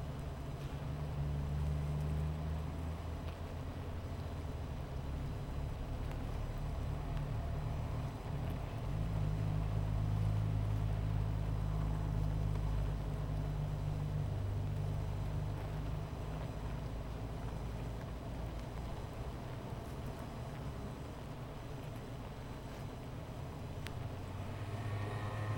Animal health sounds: honeybee colony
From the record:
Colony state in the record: missing queen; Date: 14 July 2017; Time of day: 15:53

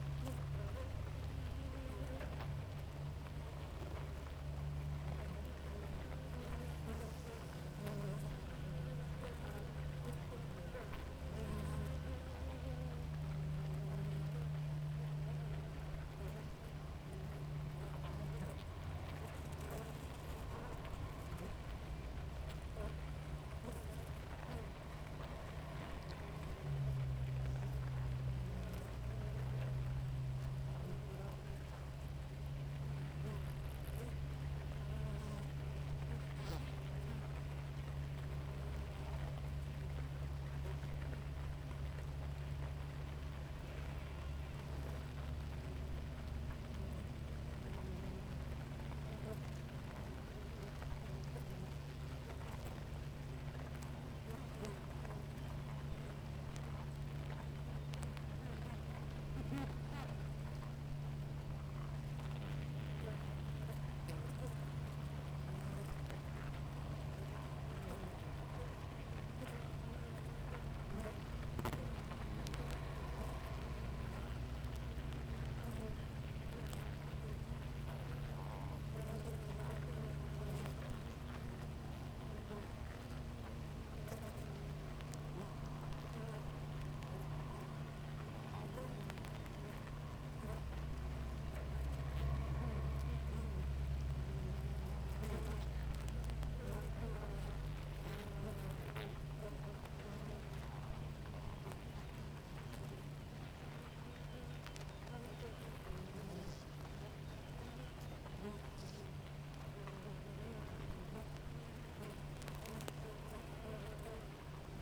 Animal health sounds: honeybee colony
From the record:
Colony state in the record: active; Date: 28 July 2017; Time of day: 6:30

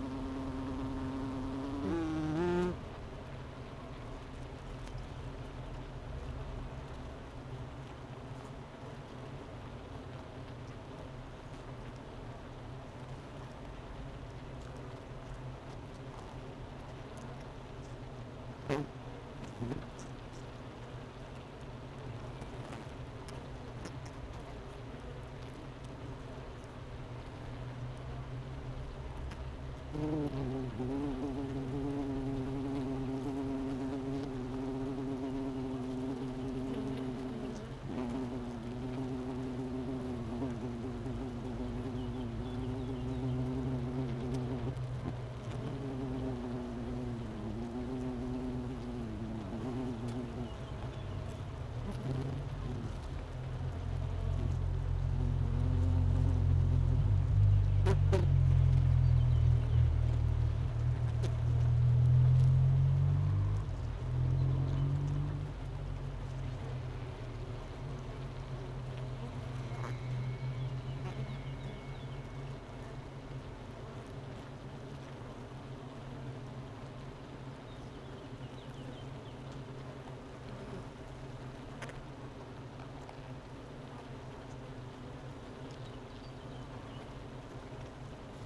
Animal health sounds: honeybee colony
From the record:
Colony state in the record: missing queen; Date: 31 May 2018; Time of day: 11:17

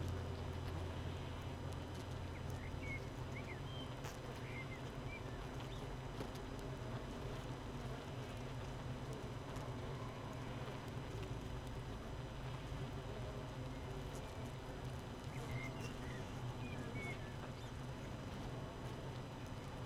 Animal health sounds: honeybee colony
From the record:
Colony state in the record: missing queen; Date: 31 May 2018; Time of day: 7:31

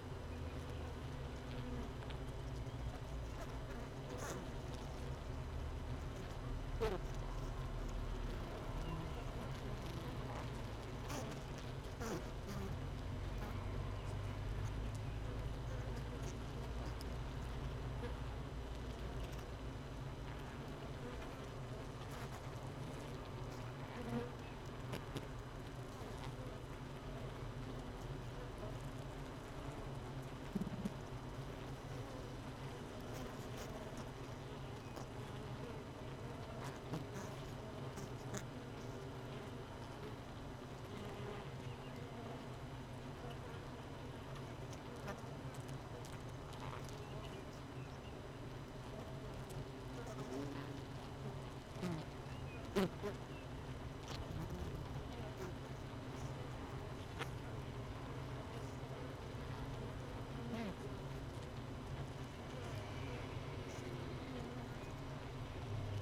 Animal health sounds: honeybee colony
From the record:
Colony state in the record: missing queen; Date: 31 May 2018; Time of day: 17:20

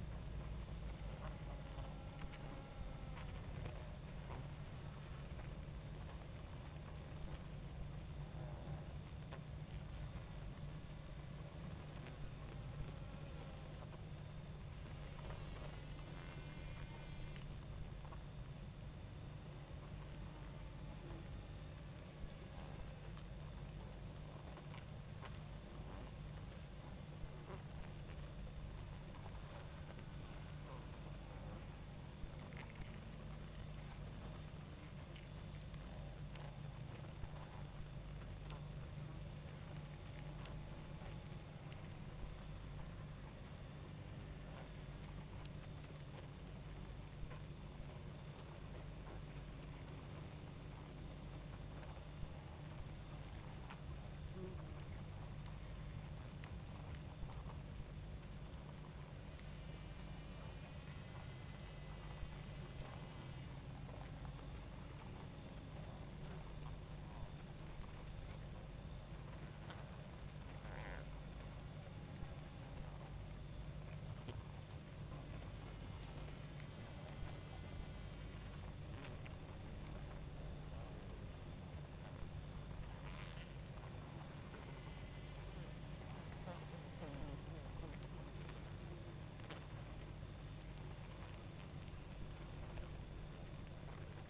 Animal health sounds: honeybee colony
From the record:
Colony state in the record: active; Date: 28 July 2017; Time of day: 21:34

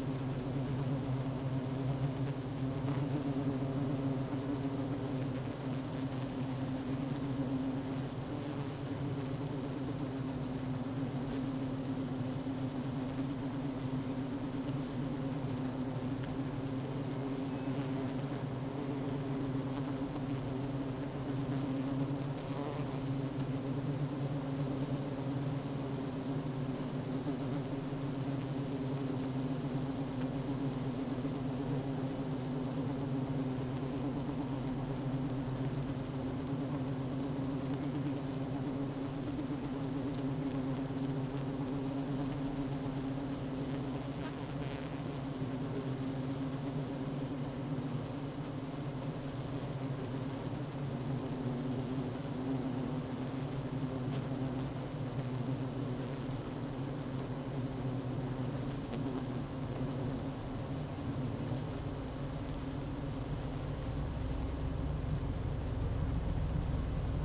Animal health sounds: honeybee colony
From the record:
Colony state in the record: active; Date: 12 June 2018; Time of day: 10:07

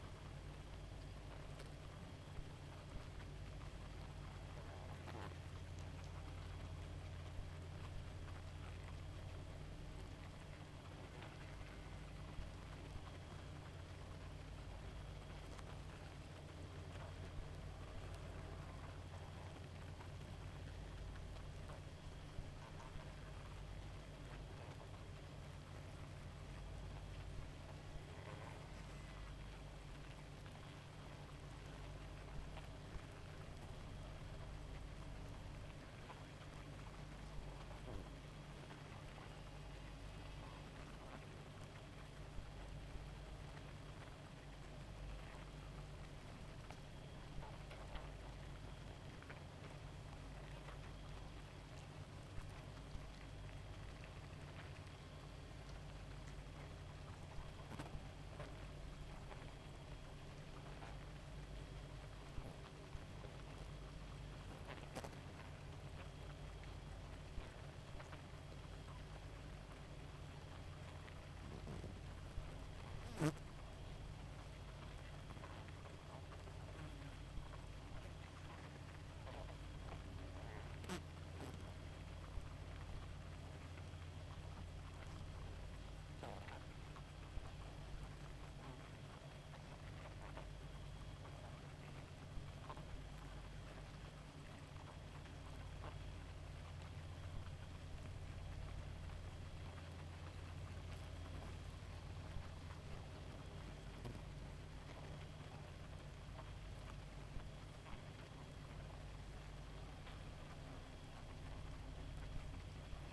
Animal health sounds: honeybee colony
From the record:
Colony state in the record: active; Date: 28 July 2017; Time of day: 0:54

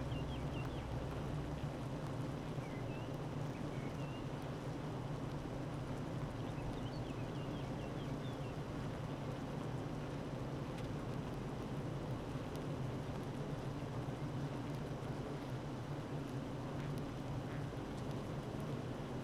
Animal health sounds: honeybee colony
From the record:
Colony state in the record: active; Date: 12 June 2018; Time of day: 9:04

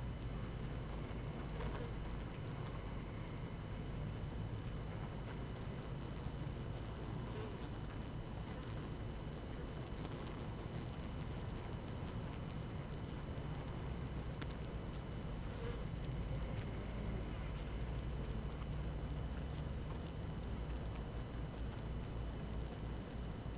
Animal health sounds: honeybee colony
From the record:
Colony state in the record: active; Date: 12 June 2018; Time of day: 17:55

